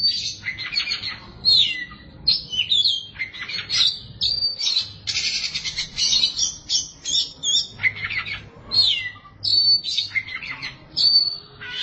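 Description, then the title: Oriental magpie-robin singing on with only short pauses: a long string of whistled, chattering and scratchy phrases that shift quickly in pitch. Song of the kacer. "Suara Kicauan Burung Kacer"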